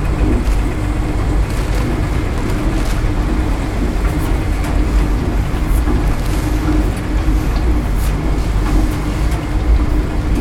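Laundromat machines run with a steady, dense low rumble and a constant droning hum that barely changes over the ten seconds. Faint clicks and light knocks break through now and then, clustering around the middle and later stretch.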